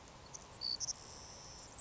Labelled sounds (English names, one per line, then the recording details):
Savannah Sparrow
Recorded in Sonoma County, California